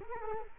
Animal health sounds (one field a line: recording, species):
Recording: mosquito wingbeat signal from an infrared sensor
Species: Culex quinquefasciatus